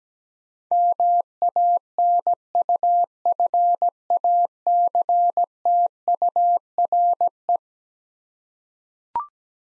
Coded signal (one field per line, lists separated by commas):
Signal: Morse code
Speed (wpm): 17 wpm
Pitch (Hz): 700 Hz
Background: none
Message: MANUFACTURE